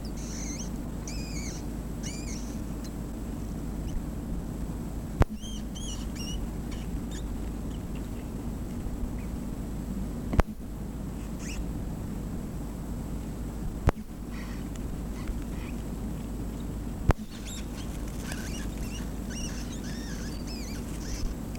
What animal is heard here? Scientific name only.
Rattus norvegicus